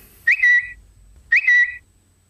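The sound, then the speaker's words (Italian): A phone's Twitter new-tweet notification, a bright bird-like chirp played twice, each short high tweet followed by a pause and then repeated identically, with no voices. “Quando ti arriva il tweet sul cellulare, io ti controllo.”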